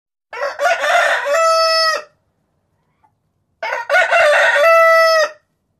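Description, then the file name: Chicken: rooster crowing twice, each harsh cock-a-doodle-doo lasting under two seconds with a rough start and a steady strained ending, separated by a short silence. "rooster"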